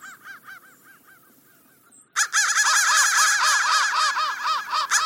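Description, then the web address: Crow calls, faint harsh caws at first, then after two seconds a loud crowded burst of overlapping cawing from several birds. "soundfactory crow"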